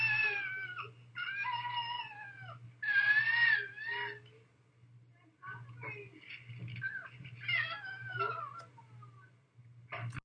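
Several high-pitched, thin, mewing infant cries with gliding and falling pitch, separated by short pauses over a steady low background hum. The cat-like cry is characteristic of cri du chat syndrome.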